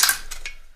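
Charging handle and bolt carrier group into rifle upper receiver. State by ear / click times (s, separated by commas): not seated / none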